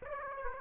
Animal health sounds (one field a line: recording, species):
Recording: mosquito wingbeat signal from an infrared sensor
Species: Aedes aegypti